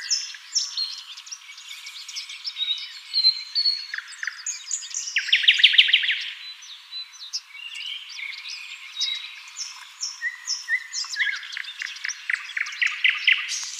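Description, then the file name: Common nightingale singing a rich, varied song of whistles, chirps and clicks, with a loud rapid trill of repeated notes around the middle and further sweet phrases after it. "Luscinia megarhynchos"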